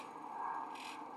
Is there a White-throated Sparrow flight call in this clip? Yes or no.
no